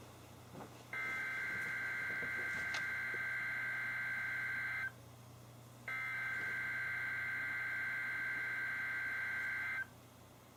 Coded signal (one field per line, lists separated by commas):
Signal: Emergency Alert System (SAME) tones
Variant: header bursts